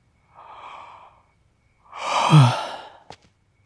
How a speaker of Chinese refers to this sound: 九瑶打了个哈欠走进帐篷。